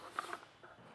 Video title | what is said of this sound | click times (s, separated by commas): etrailer - Detailed Breakdown of the Yakima SkyLine FX Crossbar for Fixed Mounting Points | and it pops right off | 0.2 s, 0.3 s